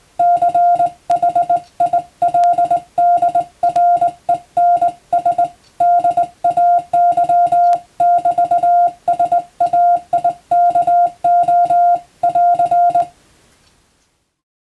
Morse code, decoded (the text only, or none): CHILDRENS DAY <BT> SAIKO <AR>